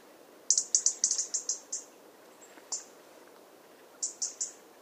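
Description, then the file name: European robin producing a fast run of seven high, thin notes, then a lone note and a final short burst of three. "Erithacus rubecula"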